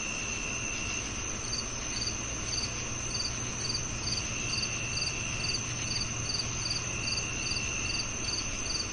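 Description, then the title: Cricket chirps repeated quickly and evenly over a continuous high hum, with soft low rumble beneath. Crickets on a calm summer night. "Calming Crickets & Summer Night Sleep Sounds"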